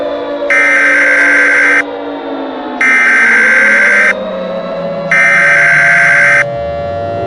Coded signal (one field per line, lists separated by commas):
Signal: Emergency Alert System (SAME) tones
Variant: header bursts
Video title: Taiwan | An EAS Scenario